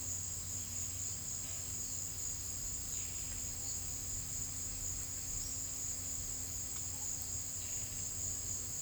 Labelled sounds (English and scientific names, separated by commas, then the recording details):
none
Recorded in secondary vegetation near Puerto Asís, Putumayo, Colombia, on 18 December 2024 at 12:30
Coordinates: 0.499, -76.323
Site G010